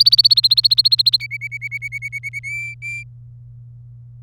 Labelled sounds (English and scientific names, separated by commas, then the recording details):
Domestic Canary (Serinus canaria) song
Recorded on 27 April 2018 at 12:54
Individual llb3